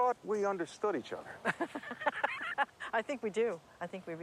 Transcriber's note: laughs